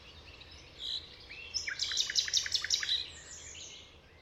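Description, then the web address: Common nightingale song: a brief whistle, then a quick run of sharp repeated notes. "chant didier collin rossignol philomele"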